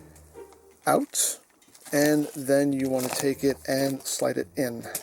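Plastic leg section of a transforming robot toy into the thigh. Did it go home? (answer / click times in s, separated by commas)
no / none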